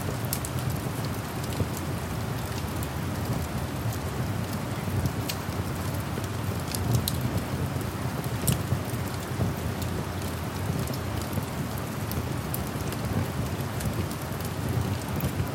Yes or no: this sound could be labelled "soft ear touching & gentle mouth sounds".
no